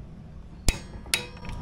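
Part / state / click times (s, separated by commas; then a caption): torque wrench on CVT drive face nut / torque reached / 0.7 s, 1.1 s. A 1/2 in torque wrench with a 22 mm socket on an extension tightens the CVT drive face nut on a scooter while a Y-tool holds the drive. Two sharp metallic clicks ring out at 0.7 s and 1.1 s over a low background. The wrench clicks at its setting, meaning the set torque has been reached.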